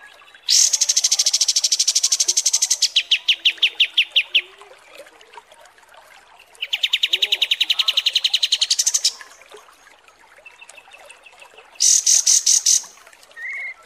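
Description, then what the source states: Kapas tembak song in three bursts of fast, dry repeated notes. Each burst holds a level, buzzy pitch and sometimes drops lower partway. Short pauses separate the bursts. Masteran training recording of kapas tembak song, used for tutoring birds.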